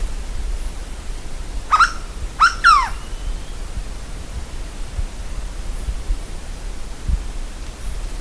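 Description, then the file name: Bird call of three harsh, harmonic notes in under two seconds, the last falling in pitch, followed by quiet background hiss. "SABIOD 50 bird 2015"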